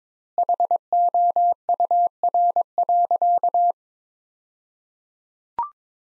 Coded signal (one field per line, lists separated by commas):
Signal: Morse code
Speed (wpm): 22 wpm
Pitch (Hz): 700 Hz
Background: none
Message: HOUR.